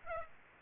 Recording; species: mosquito wingbeat signal from an infrared sensor; Aedes aegypti